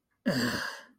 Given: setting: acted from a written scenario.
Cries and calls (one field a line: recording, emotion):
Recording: vocal sound without words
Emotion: contempt